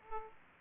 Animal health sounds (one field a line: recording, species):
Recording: mosquito wingbeat signal from an infrared sensor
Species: Aedes aegypti